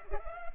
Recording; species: mosquito wingbeat signal from an infrared sensor; Culex pipiens